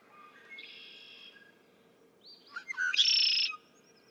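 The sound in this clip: Red-winged blackbird singing: a faint buzzy song first, then stuttering introductory notes and a loud harsh trill held for about half a second.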